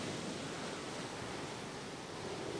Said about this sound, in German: Meeresbrandung. Wind leise in den Palmen.